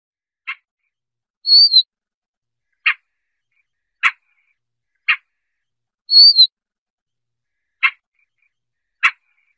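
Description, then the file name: Siberian rubythroat calls: dry clicking tick notes repeated at irregular intervals, with two high slurred whistles among them. "Tieng chim oanh co do"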